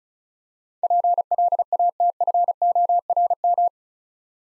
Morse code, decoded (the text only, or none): PLATFORM